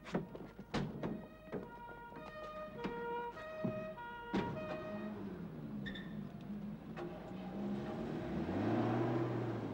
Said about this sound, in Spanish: Es el coche del señor Martin, el veterinario. Me lo ha prestado porque el mío está averiado.